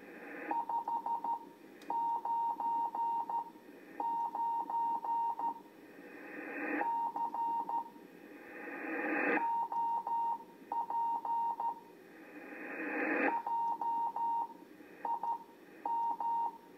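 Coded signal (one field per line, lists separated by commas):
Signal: Morse code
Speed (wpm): 13 wpm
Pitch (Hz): 930 Hz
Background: radio noise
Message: 599 C OP JIM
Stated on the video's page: CW from a Trans World TW-100 all-mode HF transceiver, a high-endurance set built for State Department embassy communications.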